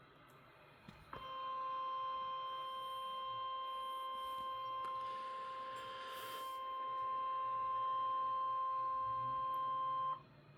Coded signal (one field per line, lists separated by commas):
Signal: Emergency Alert System (SAME) tones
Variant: 1050 Hz attention tone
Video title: Eas tor near Brownsville tx Eas#674